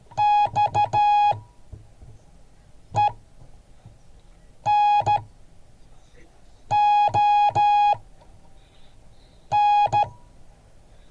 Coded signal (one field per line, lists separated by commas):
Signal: Morse code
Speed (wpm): 14 wpm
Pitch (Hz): 830 Hz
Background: music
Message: XENON